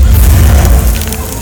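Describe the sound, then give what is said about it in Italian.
A farm deliberately set on fire at night, burning: a loud, continuous deep roaring rumble with faint sharp crackles flickering through it, and no voices. “Senza preoccuparsi in alcun modo di Thomas, diedero fuoco alla fattoria.”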